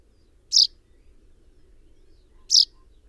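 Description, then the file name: Common chaffinch calling: two bright, abrupt chip notes two seconds apart against a quiet, low rumble. "Fringilla coelebs"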